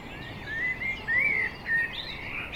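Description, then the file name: Common blackbird produces mellow whistled notes, one arching up and down, then a short flat note and a brief higher twitter, with steady background noise throughout. "Turdus merula"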